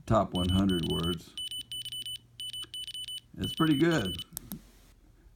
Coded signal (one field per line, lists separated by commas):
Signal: Morse code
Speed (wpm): 33 wpm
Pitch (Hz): 3000 Hz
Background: speech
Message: MY MY MY OF